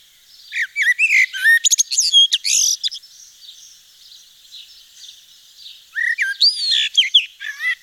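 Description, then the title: Eurasian blackbird giving two warbled song phrases of whistles and squeaky twitters, separated by a pause filled with faint bird chirps. Recorded in Nord, northern France. "Sylvain Jaskowiak - Mes piafs. Merle noir dans le Nord"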